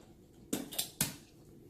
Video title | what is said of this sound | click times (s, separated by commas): Poetic Revolution Case for iPhone XR | then when you're done with it locks right back into place so | 0.5 s, 1.0 s